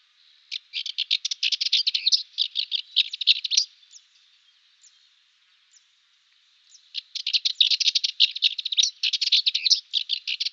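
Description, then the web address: Cyprus warbler song, two bursts of rapid harsh chattering separated by a few seconds of near silence with scattered soft ticks. "Schulze Peter Cyprus Warbler song"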